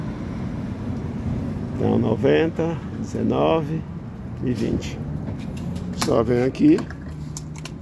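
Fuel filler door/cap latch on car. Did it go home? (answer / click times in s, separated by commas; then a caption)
released / 7.4 s. Someone talks while operating a car's fuel filler door latch at a self-service pump, over a steady low background hum. A short, sharp click at 7.4 s, followed by two smaller ticks, marks the latch releasing and the filler door unlocking.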